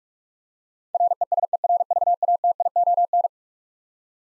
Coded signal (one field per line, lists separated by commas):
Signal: Morse code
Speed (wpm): 46 wpm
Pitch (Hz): 700 Hz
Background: none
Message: RESERVATION